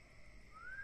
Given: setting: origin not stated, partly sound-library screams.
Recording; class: one-second piece from a danger detection set; normal situation